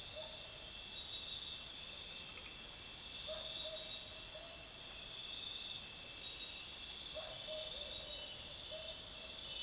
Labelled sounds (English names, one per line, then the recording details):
none
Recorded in secondary vegetation near Puerto Asís, Putumayo, Colombia, on 24 June 2025 at 03:30
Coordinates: 0.498, -76.327
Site GP09